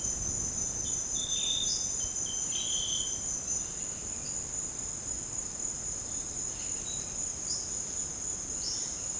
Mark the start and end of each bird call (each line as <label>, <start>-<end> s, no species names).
bird call, 0.90-3.38 s
bird call, 6.66-8.89 s